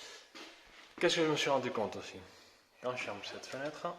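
A window sash is being handled toward its latch in the frame while someone talks, with faint handling noise beneath the voice. Nothing has seated or clicked yet in this clip; the window has not yet shut.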